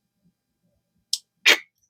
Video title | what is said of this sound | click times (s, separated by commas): 2019 Ford Escape P0012 code fix for Variable Cam Timing solenoid (VCT) | There's the old torque wrench click. | 1.1 s